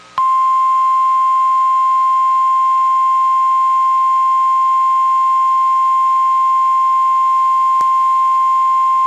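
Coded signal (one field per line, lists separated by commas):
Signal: Emergency Alert System (SAME) tones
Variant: 1050 Hz attention tone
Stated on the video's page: NOAA Weather Radio weekly tests.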